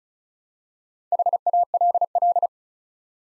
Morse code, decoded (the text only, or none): HALL